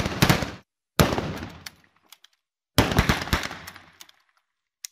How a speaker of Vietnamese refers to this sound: Hắn điên tiết rút súng ra nã mấy viên vào thẳng người của Nam.